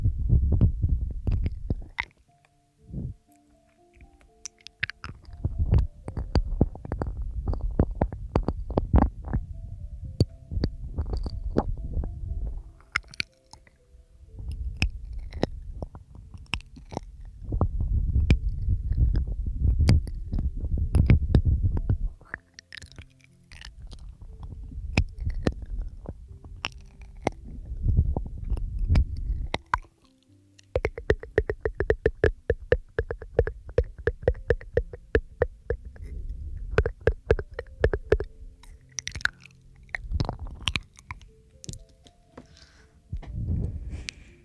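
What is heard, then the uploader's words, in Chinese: Wet mouth sounds: dense, irregular clicks, smacks and squishy chewing noises over soft low thumps. Brief silences break it up around 3, 13, 23 and 30 seconds, and after 30 seconds a faint steady hum sits beneath the clicking. 又是新鲜口腔声asmr。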